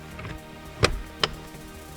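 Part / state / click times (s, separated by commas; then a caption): plastic cabin filter cover into the filter housing behind the glove box / seated / 0.8 s, 1.2 s. On a 2008 to 2013 Toyota Highlander, the plastic cabin air filter access cover is pushed back onto the filter housing behind the glove box after the new filter is inserted. A faint tick comes at 0.2 s, then two sharp clicks at 0.8 s and 1.2 s as the cover snaps into place and seats.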